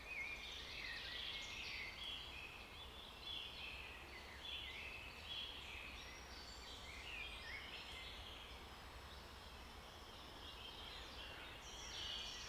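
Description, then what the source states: Birds singing in a faint chorus, with overlapping high chirps and short whistled notes throughout, over a steady low rumble of background noise. Birds recorded in a forest.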